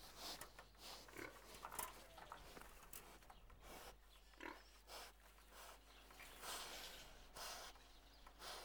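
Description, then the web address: Pigs grunting and snuffling in irregular rough bursts throughout. "KMP Film Video Sound Effects. Varkens - Geknor"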